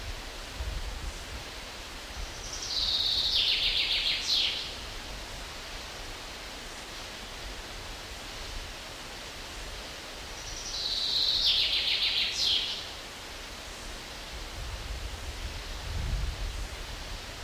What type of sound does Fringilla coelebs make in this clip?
song